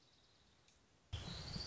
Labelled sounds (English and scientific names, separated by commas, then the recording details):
Orange-crowned Warbler (Leiothlypis celata)
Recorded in Sonoma County, California